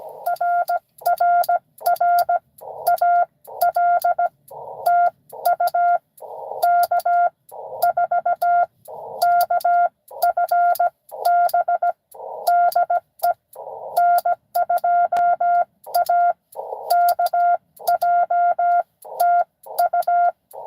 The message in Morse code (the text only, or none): RRR AL TU K4KFB DE N2AKJ TU